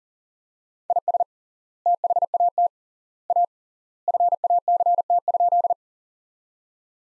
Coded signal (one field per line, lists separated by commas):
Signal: Morse code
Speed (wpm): 40 wpm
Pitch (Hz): 700 Hz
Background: none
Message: IS THAT A FACT?